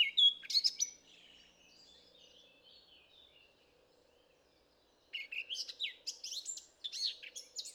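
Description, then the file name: Eurasian blackcap song: a loud scratchy warble, a quieter stretch and a short silence, then a busy chattering warble resumes. "Sylvia atricapilla"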